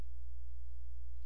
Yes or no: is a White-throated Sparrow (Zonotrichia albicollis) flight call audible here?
no